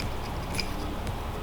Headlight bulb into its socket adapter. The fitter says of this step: and push hard till you hear a clicking sound and remember